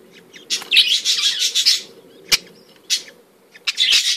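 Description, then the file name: Budgerigar warbling song, a dense run of buzzy chirps and chatter for over a second, then scattered clicks and a short second burst near the end. "Canto do periquitos ingleses"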